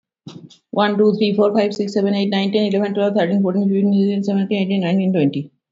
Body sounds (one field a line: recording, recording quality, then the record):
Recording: counting at a fast pace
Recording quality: excellent, no background noise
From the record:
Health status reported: healthy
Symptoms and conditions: none ticked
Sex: female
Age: 42 years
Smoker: not ticked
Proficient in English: no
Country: India